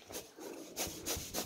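A chipboard piece is pushed into a mating chipboard piece, giving a series of short, broadband rubbing and scraping strokes around 0.2, 0.8, 1.1 and 1.4 seconds. Nothing has seated or clicked yet; the pieces are still being handled.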